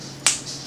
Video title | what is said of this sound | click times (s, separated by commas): October Battlbox | Did you hear that click? | 0.3 s